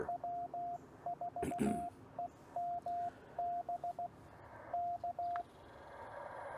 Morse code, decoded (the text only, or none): W4EMB K